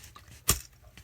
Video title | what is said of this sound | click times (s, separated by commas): TOPGREENER 15 amp outlet with 3.1amp USB outlet replacement / install | and it should just snap in so now it's stuck okay so | 0.5 s